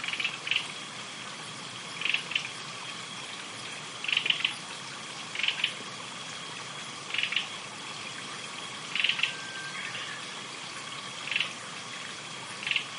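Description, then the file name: Japanese robin giving brief rattling trills roughly every two seconds, over a continuous background hiss and a steady high-pitched drone. "akahige"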